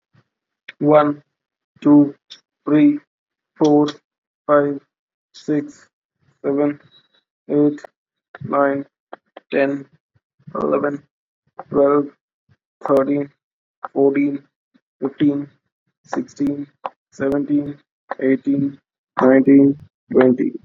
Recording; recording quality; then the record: counting at a normal pace; excellent, no background noise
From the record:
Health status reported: healthy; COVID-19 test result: not tested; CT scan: not taken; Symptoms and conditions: none ticked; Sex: female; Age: 30 years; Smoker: no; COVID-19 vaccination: both doses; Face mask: not worn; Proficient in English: yes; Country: India